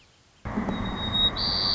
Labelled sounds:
White-crowned Sparrow (Zonotrichia leucophrys)
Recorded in Sonoma County, California

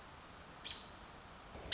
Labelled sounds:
American Robin (Turdus migratorius)
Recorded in Sonoma County, California

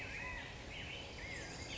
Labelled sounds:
California Quail (Callipepla californica)
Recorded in Sonoma County, California

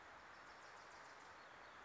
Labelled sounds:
Wilson's Warbler (Cardellina pusilla)
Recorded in Sonoma County, California

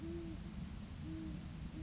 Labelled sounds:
Great Horned Owl (Bubo virginianus)
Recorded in Sonoma County, California

